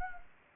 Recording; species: mosquito wingbeat signal from an infrared sensor; Anopheles gambiae